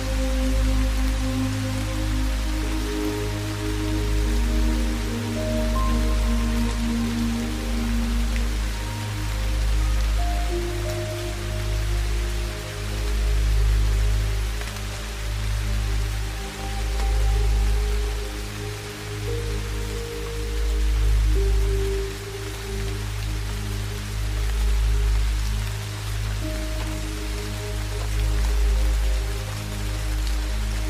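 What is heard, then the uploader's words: Soft ambient music drifts in long, held low tones over a steady wash of rain, swelling gently every few seconds throughout. Relaxing combination of ambient music and rain sounds. Rain Sounds & Ambient Music.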